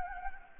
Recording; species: mosquito wingbeat signal from an infrared sensor; Anopheles gambiae